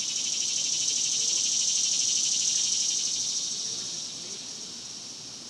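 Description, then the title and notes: Cicadas give a loud, continuous high-pitched buzz with rapid pulsing, fading gradually over the final seconds. Several cicadas singing outdoors in a cemetery during the daytime in summer. "Ext, Daytime Cicadas, Cemetery, Summer by Bandeto"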